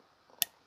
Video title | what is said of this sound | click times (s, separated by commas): Dana 30 U-joint replacement | There we go, snapped right in. | 0.4 s